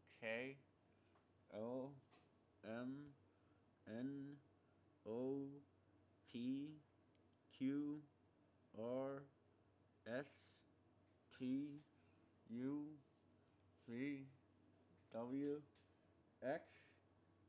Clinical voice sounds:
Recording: letters of the alphabet, spoken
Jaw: constrained by a bite bar between the teeth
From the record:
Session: first day, right after the free take

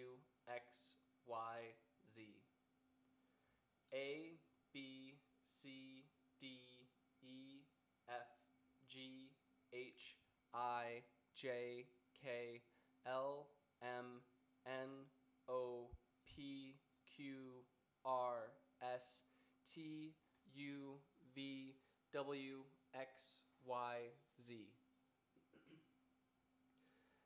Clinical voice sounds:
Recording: letters of the alphabet, spoken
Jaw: free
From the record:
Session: first day, before the bite bar

